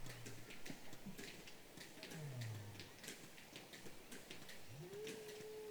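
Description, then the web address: Whale calls: a low falling moan, then an upswept call ending in a held tone, beneath steady crackling and ticking noise. "baleines"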